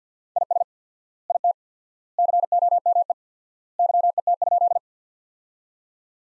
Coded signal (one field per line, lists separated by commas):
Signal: Morse code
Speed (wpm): 47 wpm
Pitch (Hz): 700 Hz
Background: none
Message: IS IT COME YET?